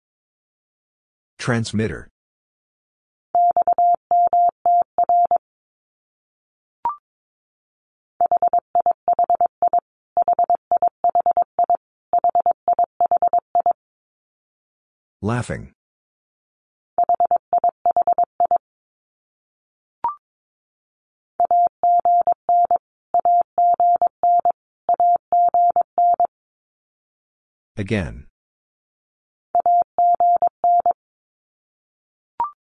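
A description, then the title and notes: Morse code tapped out as a steady mid-pitched tone in quick runs of short and longer beeps, grouped into bursts with silent gaps between. A harsh noisy burst breaks in three times, near the start, the middle and toward the end, with faint clicks between groups. Abbreviations Repeated 3x - 22wpm. First, it is sent three times in Morse code. Finally, it is sent again in Morse code.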